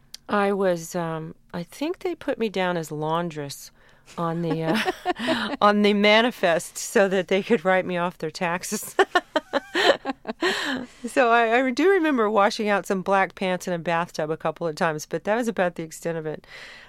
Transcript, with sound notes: I think they put me down as laundress on the manifest, so that they could write me off their taxes. (Soundbite of laughter) So I do remember washing out some black pants in a bathtub a couple of times, but that was about the extent of it.